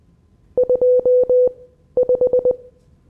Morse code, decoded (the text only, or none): 25